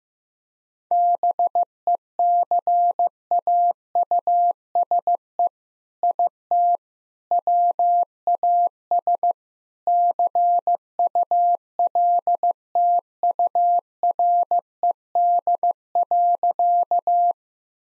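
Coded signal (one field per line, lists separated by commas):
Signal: Morse code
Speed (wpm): 15 wpm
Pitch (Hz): 700 Hz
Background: none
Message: BECAUSE IT WAS CULTURED.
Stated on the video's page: Morse code practice at 15 wpm sending jokes, using contextual priming.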